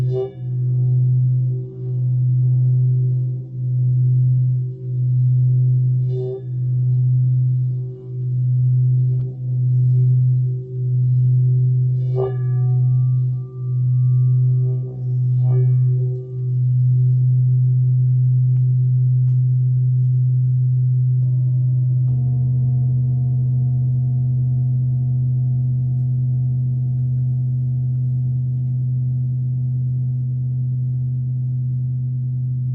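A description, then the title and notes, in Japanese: Singing bowls hum low and steady. For the first sixteen seconds the tone swells and fades in slow, regular pulses about every second, with light metallic taps now and then. After that the hum holds smooth and even, and a second, slightly higher ring joins near twenty-two seconds. メキシコから シンギングボウルのサウンドヒーリング。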